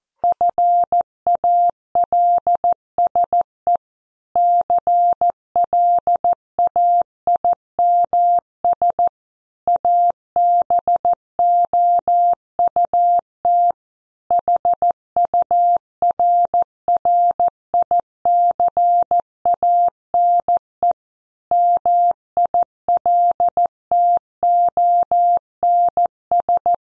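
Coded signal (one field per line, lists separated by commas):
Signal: Morse code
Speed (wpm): 14 wpm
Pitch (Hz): 700 Hz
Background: none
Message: FALSE CLAIMS ABOUT HURRICANE MILTONS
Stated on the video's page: News headlines copy practice at 14 wpm.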